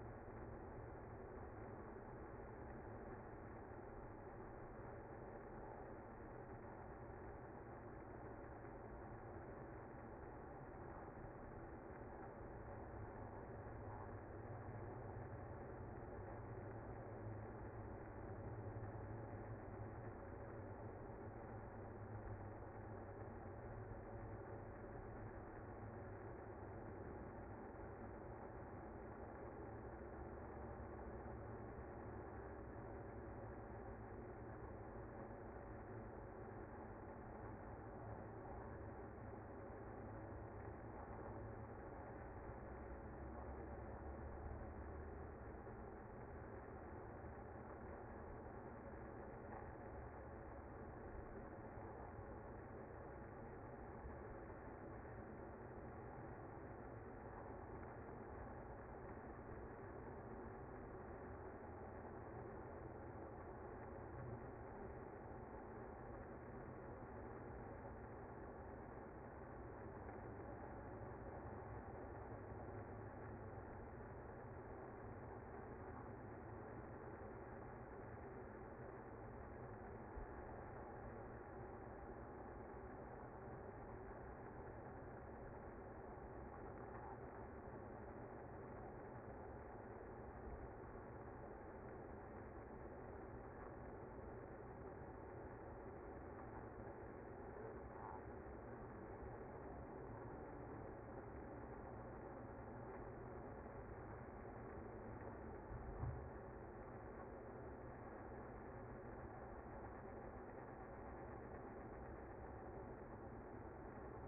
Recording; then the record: honeybee colony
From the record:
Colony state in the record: active